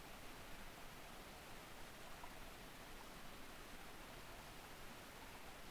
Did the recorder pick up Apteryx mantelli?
no